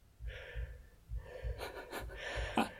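An adult imitates sleep breathing: soft breathy sounds, then a sudden gasping catch and a sharp 'ka'-like snort near the end. This is an imitation of the abrupt 'ka' gasp that comes after a short silent pause in breathing during sleep, as in sleep apnoea syndrome.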